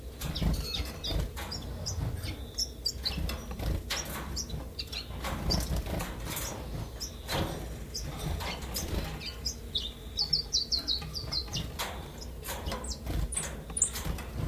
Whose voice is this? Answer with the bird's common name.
Common Chiffchaff